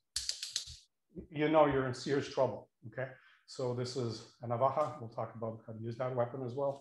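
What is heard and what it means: A traditional Spanish folding knife (navaja) is opened, its blade ratcheting through clicks on the back spring at 0.2, 0.3, 0.4 and 0.6 seconds before locking open. Someone then talks for the rest of the clip.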